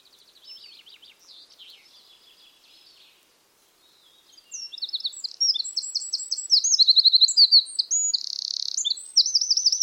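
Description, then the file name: Eurasian wren singing; a faint, thin warbling phrase first, then after a pause a loud, rapid burst of shrill notes, rattles and trills. "Troglodytes troglodytes"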